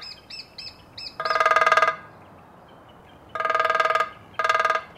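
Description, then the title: Lesser spotted woodpecker with a few shrill kee notes, then three bursts of rapid, even drumming separated by quiet gaps. Shrill kiikittävä call. "Viikon luontoääni: Pikkutikka"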